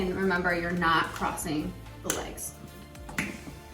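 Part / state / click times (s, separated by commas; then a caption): sling clip onto patient lift spreader bar / seated / 3.2 s. A patient sling loop clip is hooked onto the spreader bar of a Maxi Lift mechanical patient lift while someone talks over background music. A couple of faint taps come just before a sharp snap at 3.2 s, and the clip clicks securely onto the lift hanger.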